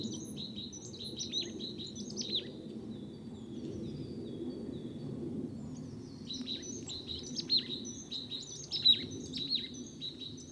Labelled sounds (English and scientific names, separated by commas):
Marsh Tit (Poecile palustris) call